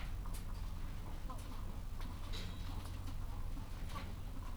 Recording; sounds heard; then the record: poultry house recording; sick chickens (respiratory disease)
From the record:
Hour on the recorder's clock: 14